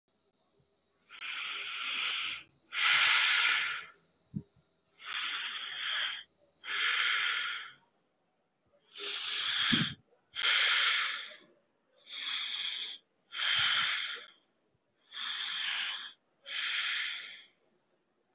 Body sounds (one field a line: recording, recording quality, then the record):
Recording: shallow breathing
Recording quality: excellent, no background noise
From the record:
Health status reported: COVID-19 positive, no symptoms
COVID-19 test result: positive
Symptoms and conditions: cough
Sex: male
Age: 30 years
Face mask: not worn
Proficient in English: yes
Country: India